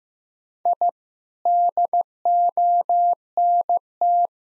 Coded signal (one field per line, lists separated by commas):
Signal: Morse code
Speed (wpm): 16 wpm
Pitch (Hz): 700 Hz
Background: none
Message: I DONT